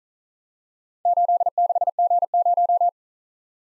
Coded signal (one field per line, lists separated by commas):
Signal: Morse code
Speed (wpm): 40 wpm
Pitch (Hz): 700 Hz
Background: none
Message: 86G0